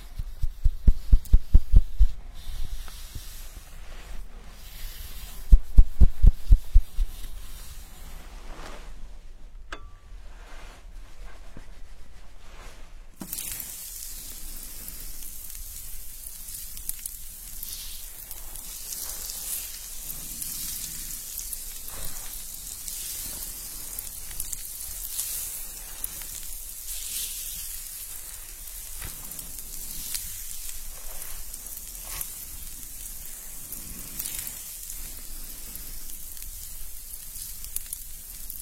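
An immersive hair wash with scalp massage: the first few seconds bring soft, rhythmic low thumps in two short bursts, then a quiet lull. From about thirteen seconds a steady, dense crackling fizz like lathering foam takes over and continues to the end.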